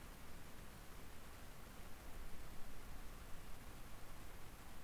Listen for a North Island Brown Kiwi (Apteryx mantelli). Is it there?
no